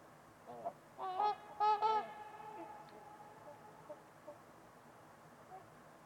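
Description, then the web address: Trumpeter swan honks, a few loud, nasal, horn-like calls in quick succession near the start, then only a few faint calls. Trumpeter swans on a winter's eve at Winters Lake in a deep, silent valley in winter. "Trumpeter Swans on a Winter's Eve. Winters-Lake-with-Swan. Wind Is the Original Radio"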